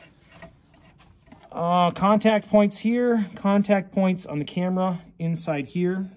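A battery pack at 90% charge is released from the battery slot of a Panasonic AG-AC30 camcorder after its charge is checked, with a short click at 0.4 s as it pops out. A fainter tick follows at 1.3 s, then someone talks.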